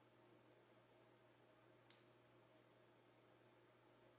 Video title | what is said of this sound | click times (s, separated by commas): How to Replace the Battery on a Mazda Key Fob & Disassembly | the center portion back into place on the case push around the perimeter ensuring it is locked into place | 1.9 s